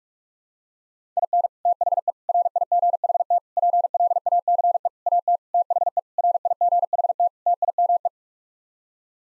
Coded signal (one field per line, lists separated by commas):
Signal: Morse code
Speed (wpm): 46 wpm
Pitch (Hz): 700 Hz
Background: none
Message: IN THE RIGHT PLACE AT THE RIGHT TIME